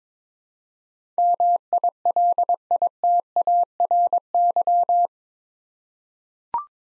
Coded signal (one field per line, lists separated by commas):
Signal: Morse code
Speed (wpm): 22 wpm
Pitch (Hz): 700 Hz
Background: none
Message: MILITARY